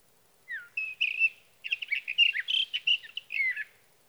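Sage thrasher singing a long, run-on warble of slurred whistles, buzzy notes and fast jumbled phrases, with short pauses between bursts.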